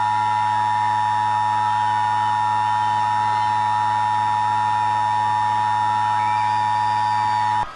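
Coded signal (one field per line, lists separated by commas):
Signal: Emergency Alert System (SAME) tones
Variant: 853 and 960 Hz attention tone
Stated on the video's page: Fictional EAS scenario.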